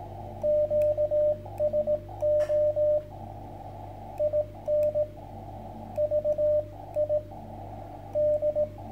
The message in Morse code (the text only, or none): QSO IN VI D